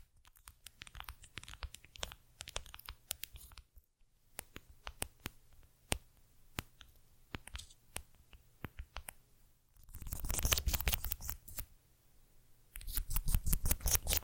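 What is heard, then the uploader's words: Small cork and tiny glass bottles click and tap in quick, irregular bursts, with a brief silence near four seconds. A low steady hum runs underneath. Around ten seconds and again from thirteen, dense scratchy brushing sweeps in, louder than the tapping. ASMR Tiny Mics - Mighty Tingles Mic Testing（No Talking）. Cork. Tiny bottles. Brushing.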